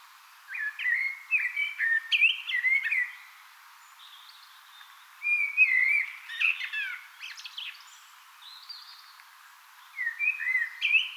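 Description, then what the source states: Eurasian blackbird song: fluty, warbling phrases that end in twittery flourishes, separated by pauses of a few seconds. Singing on 18 April 2025.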